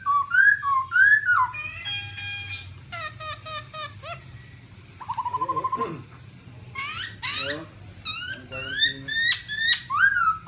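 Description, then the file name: Black-throated laughingthrush song: loud varied whistled phrases mixed with harsh chattering notes and a steady whistled passage midway. "tieng khuou bac ma hot"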